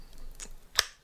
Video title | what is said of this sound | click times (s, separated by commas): Advken CP TF RTA - Review, build & wick | click to it this one I've had a few of these this year where they feel like they're going to fall apart this one doesn't | 0.8 s